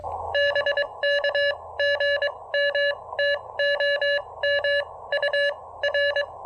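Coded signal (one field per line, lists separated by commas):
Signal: Morse code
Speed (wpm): 22 wpm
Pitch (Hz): 1700 Hz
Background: none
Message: BK GM TOM UR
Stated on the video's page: Park activation with QRP using the tiny Elecraft AX1 antenna.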